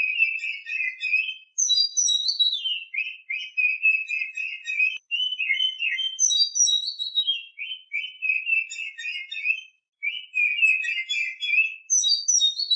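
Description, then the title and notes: Oriental magpie-robin singing steadily, alternating high falling whistles with lower rapid chattering trills in a repeating pattern. Champion (juara) bird. "Kicau Burung Kacer Juara. Suara Kicauan Burung Kacer Juara"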